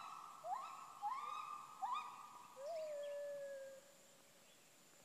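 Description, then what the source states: Gibbon calls: three quick rising whoops less than a second apart, then a long, steady, slightly falling hoot, over a faint constant hum. Gibbons calling in Khao Yai National Park, Thailand.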